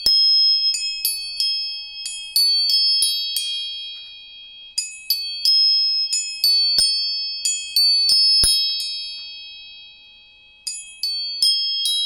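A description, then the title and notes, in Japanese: Tuning forks are struck again and again in quick clusters, each tap a sharp metallic click followed by a bright, high ringing tone that hangs and slowly fades. Brief pauses come near four and ten seconds, with a few dry knocks in between. 音叉チューニング全体性。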